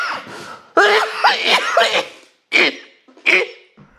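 An adult has a coughing fit of about four harsh, forceful bursts in four seconds. The first is a drawn-out, strained run with rough voicing, followed by two sharper single coughs after brief pauses. This is a pretty bad cough, and the coughing brings on a cramp.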